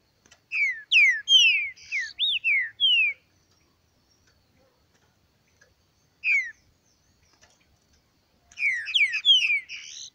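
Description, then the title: Green-winged saltator song: a rich phrase of clear, downslurred whistles, a pause with a short single note, then another loud whistled phrase at the end. Bird named Nicão in the bush, singing in a contest with a free-living bird. "Trinca Ferro NICÃO No Mato Disputando Com Solto"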